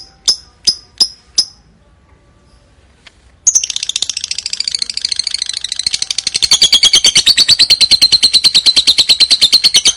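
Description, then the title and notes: Lovebird song: four sharp chirps, a pause, then a loud, fast, shrill chattering trill that runs on to the end. Lovebird ngekek, a long trilling song, used as lure song (kicau pancingan). "Master Kicau Lovebird ngekek, kicau pancingan"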